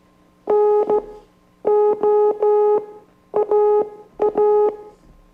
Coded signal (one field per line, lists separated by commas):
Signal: Morse code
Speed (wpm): 15 wpm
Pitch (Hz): 420 Hz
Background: music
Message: NOAA